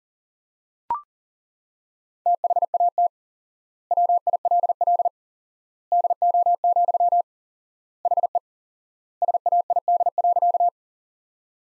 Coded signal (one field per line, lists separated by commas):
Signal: Morse code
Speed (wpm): 40 wpm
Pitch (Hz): 700 Hz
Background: none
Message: THAT WILL DO, HE SAID.